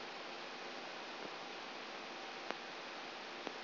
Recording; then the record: brain microelectrode recording played as sound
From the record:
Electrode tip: outside the subthalamic nucleus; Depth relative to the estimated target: 3 mm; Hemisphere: right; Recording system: AlphaMap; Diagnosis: Parkinson's disease